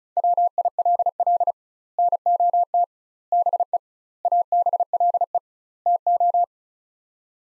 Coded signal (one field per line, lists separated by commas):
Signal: Morse code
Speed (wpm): 36 wpm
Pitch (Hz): 700 Hz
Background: none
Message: WILL NOT BE ABLE TO